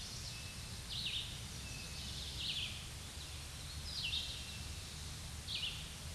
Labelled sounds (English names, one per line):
Red-eyed Vireo song